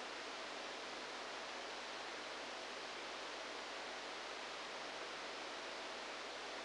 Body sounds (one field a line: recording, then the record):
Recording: brain microelectrode recording played as sound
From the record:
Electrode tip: outside the subthalamic nucleus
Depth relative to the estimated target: -4 mm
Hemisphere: left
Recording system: NeuroSet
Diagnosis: Parkinson's disease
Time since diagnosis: 10 years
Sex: male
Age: 63 years